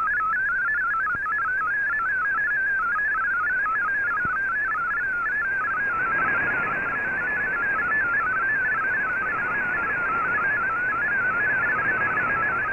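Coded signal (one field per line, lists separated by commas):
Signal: multi-tone FSK (Olivia or MFSK type)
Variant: MFSK32 or MFSK64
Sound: a rapid warbling single tone jumping between pitches, steady, over radio hiss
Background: radio static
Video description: Here is my decode of the Shortwave Radiogram broadcast today on 15770Khz shortwave radio at 1300UTC in MFSK32 and 64 and with 10 SSTV images.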